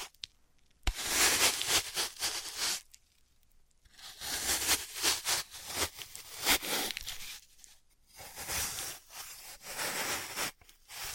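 Floral foam being crushed and cut in bursts of gritty, crackling tearing, bright and dense, each lasting about a second or two. Short silent pauses separate the bursts, with a sharp tap near the start and another around ten seconds.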